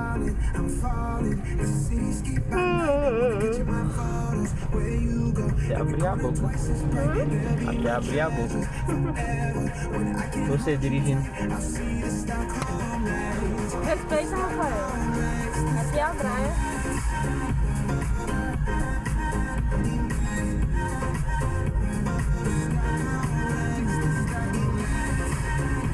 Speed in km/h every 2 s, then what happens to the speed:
16, 16, 18, 20, 19, 12, 9, 9, 12, 14, 17, 22, 20.
0-7 steady at about 16. 7-11 slows to 9. 14-22 speeds up to 22.